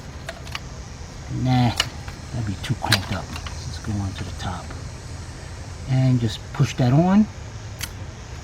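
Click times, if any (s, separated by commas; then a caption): 7.8 s. An engine-bay part on a vehicle is pushed onto its mount at the top while someone talks. A few faint clicks and handling sounds come early on, and at 7.8 s a short, sharp click is heard as the part seats into place.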